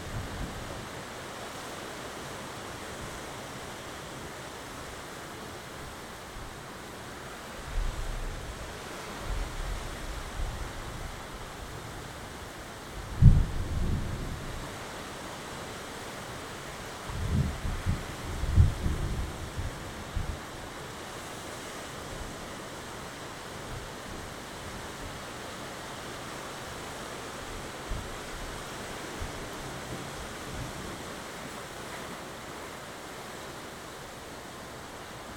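A storm: a steady, dense roar of wind or rain fills the whole recording. Low rumbling bursts swell around 8–10 seconds and again around 13–14 and 17–20 seconds, with sharp thumps inside them, like thunder or strong gusts.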